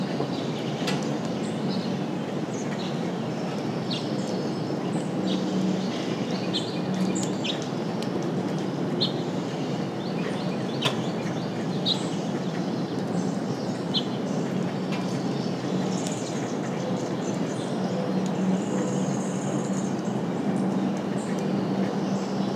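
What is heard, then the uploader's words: A steady low rumble fills the whole stretch, dense and unbroken, like rolling thunder or a constant murmur beneath everything. Above it, scattered bird chirps and short calls pop up every few seconds, with a few sharp clicks along the way. Early Morning Rainstorm. It was the tailend of a rainstorm and the wildlife was active.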